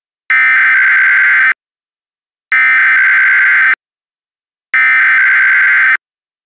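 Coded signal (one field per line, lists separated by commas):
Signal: Emergency Alert System (SAME) tones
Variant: header bursts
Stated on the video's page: Valid EAS tones in a mock reenactment of Hurricane Harvey alerts, not a real broadcast.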